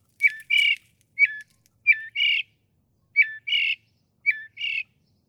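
Northern mockingbird song: a phrase of a sharp whistled note followed by a short harsh burst, repeated several times.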